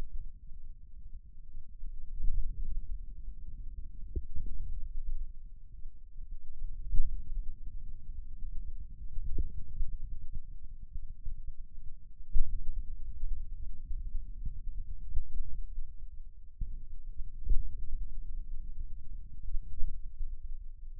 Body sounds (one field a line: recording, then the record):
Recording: forearm muscle sounds (acoustic myography)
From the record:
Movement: hand closing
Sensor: system 2, bracelet of six BSWA MPA416 microphones around the upper forearm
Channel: 2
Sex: male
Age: 22 years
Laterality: right